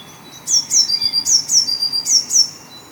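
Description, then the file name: Eurasian blue tit: three pairs of very high, sharply descending notes in quick succession, with soft background hiss. "Cyanistes caeruleus"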